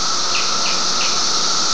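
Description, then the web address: Cicadas buzzing in a steady, high, hissing drone, with a thin constant tone below and a few faint soft chirps. Cicadas, 31 May 2004. "fleur cicadas - cicadas 4 may 312004"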